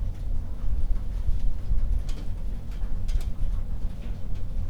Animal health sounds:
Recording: poultry house recording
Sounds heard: no chicken sound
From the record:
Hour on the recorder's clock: 22

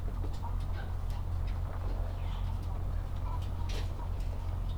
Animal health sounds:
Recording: poultry house recording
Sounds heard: sick chickens (respiratory disease)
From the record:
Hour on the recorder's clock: 8

